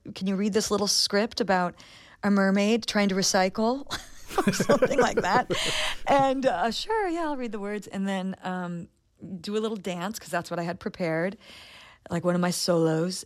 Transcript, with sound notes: Can you read this little script about a mermaid trying to recycle or something like that?
(Laughter).
And sure, yeah, I'll read the words. And then do a little dance 'cause that's what I had prepared - like, one of my solos.